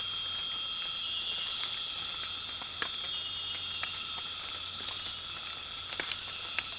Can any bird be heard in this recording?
no